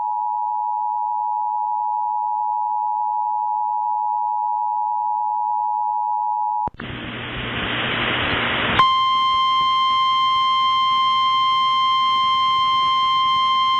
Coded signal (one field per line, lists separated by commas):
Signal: Emergency Alert System (SAME) tones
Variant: 853 and 960 Hz attention tone